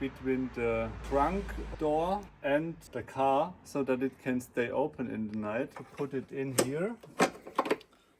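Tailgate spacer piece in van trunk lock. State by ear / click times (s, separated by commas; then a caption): seated / 7.6 s. Someone talks while a self-built spacer piece, made to hold the van's tailgate slightly open so it can stay open at night, is put in place at the trunk latch. A sharp click sounds at 7.6 s, and the spacer is locked into the latch.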